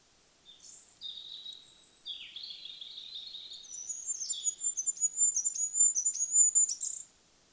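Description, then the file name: Goldcrest song: soft high twitters at first, building into a fast run of piercing, very high repeated notes and a closing flourish. "Goudhaan"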